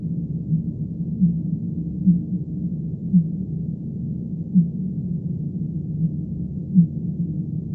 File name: B physalus